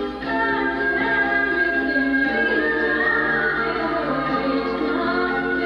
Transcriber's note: none